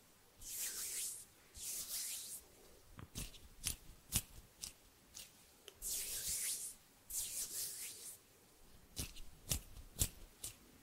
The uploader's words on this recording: ASMR HAND SOUNDS, SNAPPING and FINGER FLUTTERING around the mic NO TALKING.